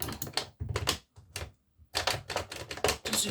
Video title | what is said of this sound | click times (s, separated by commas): Recon MK2 semi automatisch - Teil10: erster Test | Das ist nicht eingerastet. | none